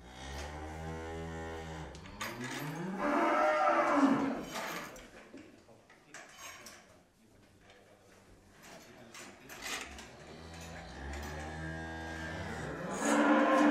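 Cow mooing: a long low moo opens, then a noisier stretch, and a second drawn-out moo comes near the end.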